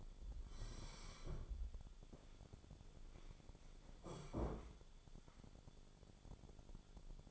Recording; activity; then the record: daily activity, microphone in the room; sit down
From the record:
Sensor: 5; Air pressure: 1015.3 hPa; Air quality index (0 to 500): 176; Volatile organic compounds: 6 ppm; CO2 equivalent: 1917 ppm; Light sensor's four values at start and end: 37/84/34/33 and 37/84/34/33